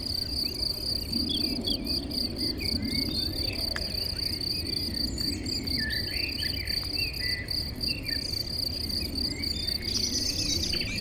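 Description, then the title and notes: Cricket chorus of continuous high pulsing trills, with scattered bird calls throughout and steady low road noise beneath. Chorus of crickets in a sunny, west-facing sloping meadow at Chindrieux, France, with birds singing in surrounding trees and traffic from a nearby road. "Chindrieux, France - Concert de grillons. Dans une prairie ensoleillée en pente orientée à l'Ouest , concert de grillons et chants d'oiseaux dans les arbres à l'entour , bruits de circulation de la route proche"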